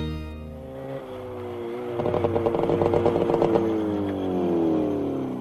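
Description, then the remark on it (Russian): A motorcycle engine hums steadily as it arrives in a Russian city, breaks into a loud burst of rapid throbbing revs midway, then its pitch slides down as it slows and settles. No one speaks. “на мотоцикле приезжает в российский город.”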